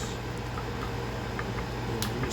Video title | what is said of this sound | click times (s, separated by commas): Battery Upgrade Part 1 | kind of fit in there until they snap into place | 2.0 s